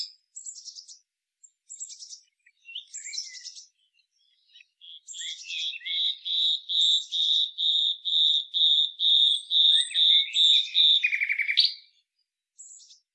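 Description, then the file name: Common nightingale song with brief scratchy phrases, then a long series of pure piping notes growing louder, ending in a lower churr. "Luscinia megarhynchos"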